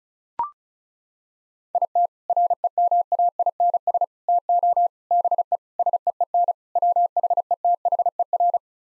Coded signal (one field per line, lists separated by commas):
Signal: Morse code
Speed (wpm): 34 wpm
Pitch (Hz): 700 Hz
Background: none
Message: IT REMAINS TO BE SEEN WHETHER